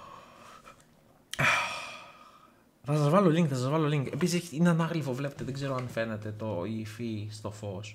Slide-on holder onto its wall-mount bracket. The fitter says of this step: και τώρα κάνει slide και κούμπωσε okay